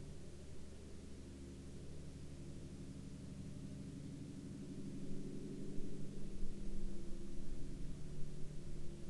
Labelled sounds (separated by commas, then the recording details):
man-made sound
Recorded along the Dempster Highway, Canada, on 1 May 2020 at 07:07
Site 16